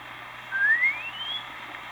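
A single thin whistle rising steadily in pitch over about a second: a comic imitation of a whistling snore, classed as type 2C, a further development of the frictional snore variety, called the "4th of July" or "whistling bomb" type.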